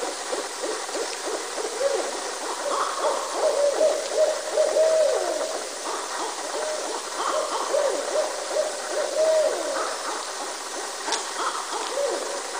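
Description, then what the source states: Barred owls hooting, with wavering, rising-and-falling hoots repeated throughout over a steady background hiss. Several barred owls, recorded 15 June 2006.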